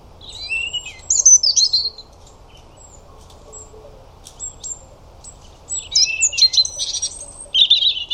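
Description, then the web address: European robin singing high, thin, warbling phrases of trills and sweeping notes, separated by a pause of several seconds, with faint chirps between phrases. "Deverinetal 2025 File origin Bird Only Er Ru"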